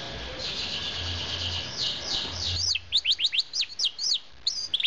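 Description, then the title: Norwich canary song: a hissy, noisy start, then a run of quick high sweeping notes and a few short twittering phrases. 2010. "Norwich Canary - Laropstars"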